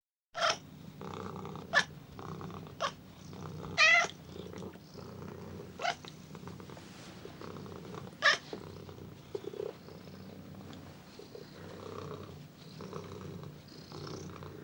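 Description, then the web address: Domestic cat purring in a steady low rumble, broken by several sharp high squeals, mostly in the first half. "BBC Cats BBC"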